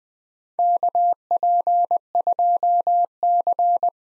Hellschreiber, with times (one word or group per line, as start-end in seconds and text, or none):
none